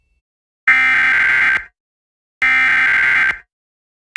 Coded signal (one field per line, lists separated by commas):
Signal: Emergency Alert System (SAME) tones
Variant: header bursts